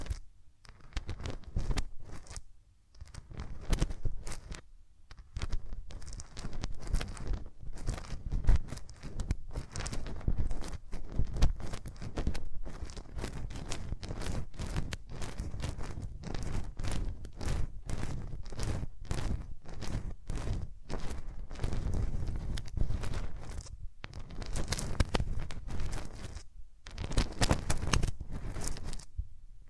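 Hands rub and brush over the ears close up, making a dense, continuous rustle of quick scratchy strokes. The rubbing runs almost without pause, with brief quieter gaps near the start and around 24 and 27 seconds, and strong low muffled thumps underneath.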